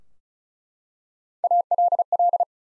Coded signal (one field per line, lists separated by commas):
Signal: Morse code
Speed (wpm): 36 wpm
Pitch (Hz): 700 Hz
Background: none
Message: ALL